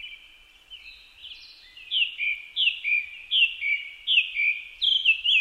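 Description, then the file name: Japanese thrush singing: a stream of bright, slurred whistled notes, quiet at first and then louder. Recorded on 4 May 2010 at 18:30. "kurotugumi-20100504-1830"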